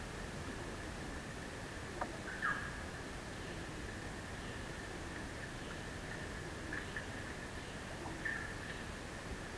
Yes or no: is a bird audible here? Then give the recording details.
yes. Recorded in secondary vegetation near Puerto Asís, Putumayo, Colombia, on 13 March 2025 at 11:30. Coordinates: 0.498, -76.327. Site G001